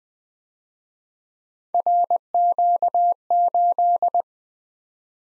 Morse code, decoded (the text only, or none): RQ8